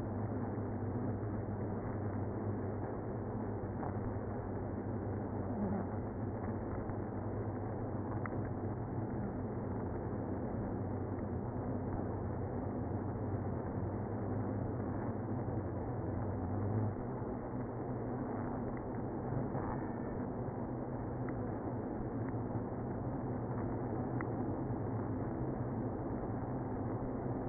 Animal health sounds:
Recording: honeybee colony, microphone inside the hive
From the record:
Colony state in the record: queenless (queen removed)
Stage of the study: after two queens were removed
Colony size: about 60,000 bees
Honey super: yes

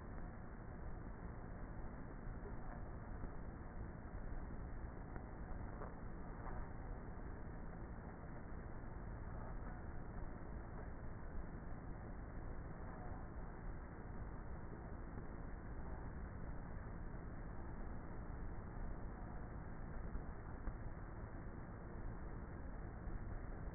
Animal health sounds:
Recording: honeybee colony, microphone inside the hive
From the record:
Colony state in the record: queenless with a low population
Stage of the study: before two queens were removed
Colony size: about 30,000 bees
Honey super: no

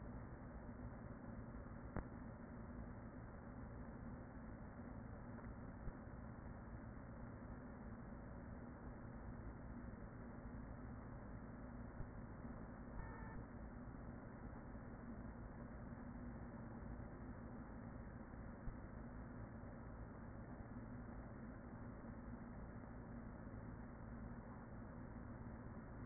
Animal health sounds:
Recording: honeybee colony, microphone inside the hive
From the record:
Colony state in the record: queen present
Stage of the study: after two queens were removed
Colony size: about 40,000 bees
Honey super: no

